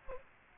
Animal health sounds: mosquito wingbeat signal from an infrared sensor; Aedes aegypti

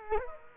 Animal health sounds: mosquito wingbeat signal from an infrared sensor; Culex quinquefasciatus

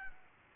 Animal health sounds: mosquito wingbeat signal from an infrared sensor; Aedes albopictus

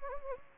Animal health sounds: mosquito wingbeat signal from an infrared sensor; Anopheles gambiae

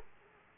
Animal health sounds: mosquito wingbeat signal from an infrared sensor; Aedes aegypti

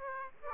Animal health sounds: mosquito wingbeat signal from an infrared sensor; Aedes aegypti

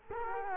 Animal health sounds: mosquito wingbeat signal from an infrared sensor; Culex quinquefasciatus

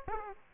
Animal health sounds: mosquito wingbeat signal from an infrared sensor; Aedes aegypti

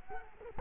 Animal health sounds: mosquito wingbeat signal from an infrared sensor; Culex quinquefasciatus

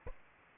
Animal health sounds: mosquito wingbeat signal from an infrared sensor; Aedes aegypti

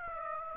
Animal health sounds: mosquito wingbeat signal from an infrared sensor; Aedes aegypti

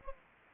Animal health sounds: mosquito wingbeat signal from an infrared sensor; Anopheles gambiae

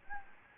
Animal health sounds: mosquito wingbeat signal from an infrared sensor; Anopheles gambiae

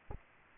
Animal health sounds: mosquito wingbeat signal from an infrared sensor; Anopheles arabiensis

